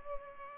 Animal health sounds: mosquito wingbeat signal from an infrared sensor; Culex pipiens

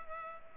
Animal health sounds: mosquito wingbeat signal from an infrared sensor; Culex pipiens

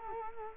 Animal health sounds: mosquito wingbeat signal from an infrared sensor; Culex quinquefasciatus

